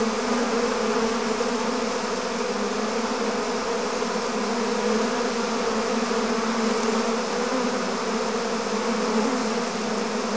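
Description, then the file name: Swarming bees making a thick, unbroken humming drone with a rough, layered texture and no pauses. "Digiffects Sound Effects Library - Swarm of Bees"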